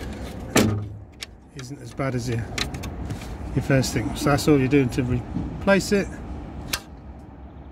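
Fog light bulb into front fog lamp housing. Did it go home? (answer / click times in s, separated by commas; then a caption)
yes / 6.7 s. A replacement fog light bulb and holder is pushed into the front fog lamp housing of a Volvo FH Series truck while someone talks. A single sharp tick at 6.7 s marks the bulb locking into place, seated.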